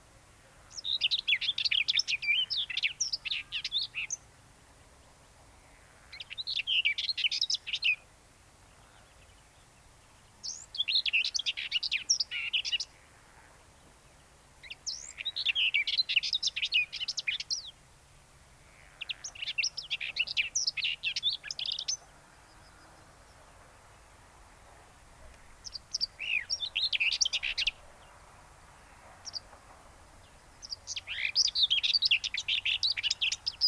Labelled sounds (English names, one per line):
Common Whitethroat song